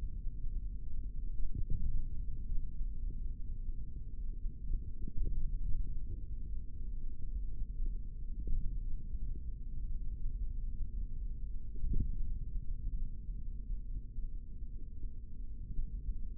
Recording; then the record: forearm muscle sounds (acoustic myography)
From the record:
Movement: index flexion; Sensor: system 3, bracelet of six PUI Audio POM-2738L microphones around the upper forearm, with dedicated amplification and filtering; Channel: 3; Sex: male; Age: 25 years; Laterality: right